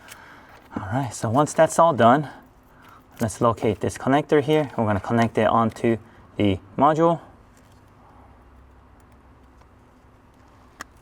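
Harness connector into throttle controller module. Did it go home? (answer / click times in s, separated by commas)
yes / 10.8 s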